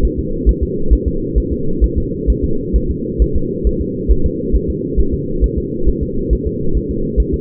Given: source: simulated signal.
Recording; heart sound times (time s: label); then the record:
fetal heart sounds
0.05 s: S1
0.19 s: S2
0.49 s: S1
0.63 s: S2
0.93 s: S1
1.08 s: S2
1.38 s: S1
1.53 s: S2
1.84 s: S1
1.98 s: S2
2.30 s: S1
2.44 s: S2
2.76 s: S1
2.91 s: S2
3.22 s: S1
3.36 s: S2
3.67 s: S1
3.82 s: S2
4.12 s: S1
4.26 s: S2
4.55 s: S1
4.70 s: S2
5.00 s: S1
5.14 s: S2
5.44 s: S1
5.58 s: S2
5.89 s: S1
6.03 s: S2
6.33 s: S1
6.47 s: S2
6.77 s: S1
6.91 s: S2
7.20 s: S1
7.34 s: S2
From the record:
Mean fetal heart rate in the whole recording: 135 bpm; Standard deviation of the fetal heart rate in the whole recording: 3 bpm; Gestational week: 34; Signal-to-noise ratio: -8.1 dB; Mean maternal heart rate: 72 bpm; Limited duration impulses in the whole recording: absent